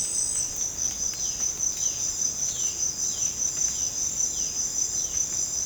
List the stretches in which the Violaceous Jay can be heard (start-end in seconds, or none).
1.10-5.66